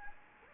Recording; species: mosquito wingbeat signal from an infrared sensor; Anopheles gambiae